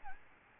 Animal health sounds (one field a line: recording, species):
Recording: mosquito wingbeat signal from an infrared sensor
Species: Aedes albopictus